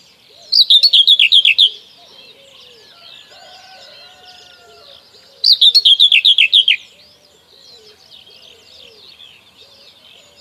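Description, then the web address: Common whitethroat song: short, harsh, chattering bursts of rapid notes repeated about every five seconds, with quieter bird chirps in the background. "Przyroda Ptaki Cierniówka"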